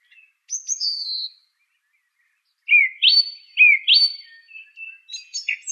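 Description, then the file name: Song thrush song: a high whistled phrase, a pause, then a slurred phrase given twice in a row, followed by several quick short notes. "suara kicauan burung song thrush. omkicau"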